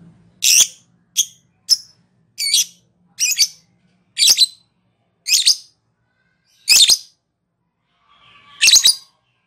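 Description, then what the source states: Lovebird calling with about nine loud, shrill, squeaky chirps spaced roughly a second apart, with a longer pause before the last one. Lovebird giving its ngekek song.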